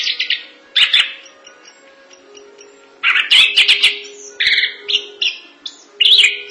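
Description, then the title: Thrush song in separate loud bursts of harsh, buzzy and whistled notes with quiet gaps between; low steady tone in the background. "burung anis x"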